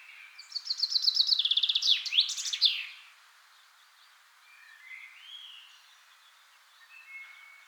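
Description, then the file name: Common chaffinch song: a fast run of bright repeated notes descending into a flourished ending, lasting under three seconds, followed by a few faint thin notes. "Fringilla coelebs"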